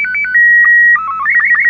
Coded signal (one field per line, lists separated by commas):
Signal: SSTV (slow-scan television)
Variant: Robot 36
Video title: Sound and Back Again: A Tale of Photos and SSTV